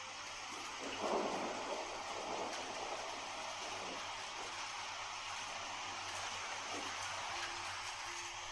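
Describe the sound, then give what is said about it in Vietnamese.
Heavy rain pours down in a steady, dense hiss during a storm with flashes of lightning, with a deep rumble of thunder swelling early on and low rolling echoes fading beneath the downpour. “Từng đợt tia chớp đột nhiên làm bầu trời trắng lóa lên từng đợt.”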